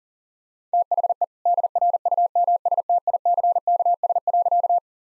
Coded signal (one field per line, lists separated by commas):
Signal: Morse code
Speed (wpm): 40 wpm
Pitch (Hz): 700 Hz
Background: none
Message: THE DRUMSTICKS.